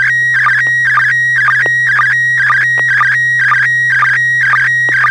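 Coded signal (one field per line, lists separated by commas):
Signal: SSTV (slow-scan television)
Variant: PD120 mode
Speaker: affirmative kp family pictures coming over pd 120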